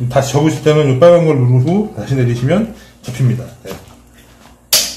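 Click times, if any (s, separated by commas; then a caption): 4.7 s. Someone talks while handling the handle of an electric stair-climbing hand truck. A loud, sharp click at 4.7 s is the handle locking into its extended position.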